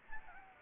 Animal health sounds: mosquito wingbeat signal from an infrared sensor; Anopheles gambiae

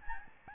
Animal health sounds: mosquito wingbeat signal from an infrared sensor; Aedes albopictus

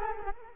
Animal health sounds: mosquito wingbeat signal from an infrared sensor; Culex quinquefasciatus

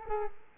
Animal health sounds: mosquito wingbeat signal from an infrared sensor; Culex quinquefasciatus

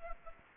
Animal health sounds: mosquito wingbeat signal from an infrared sensor; Aedes aegypti

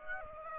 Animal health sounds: mosquito wingbeat signal from an infrared sensor; Aedes aegypti

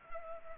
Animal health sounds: mosquito wingbeat signal from an infrared sensor; Culex pipiens

